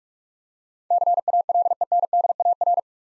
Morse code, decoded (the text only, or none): CALENDAR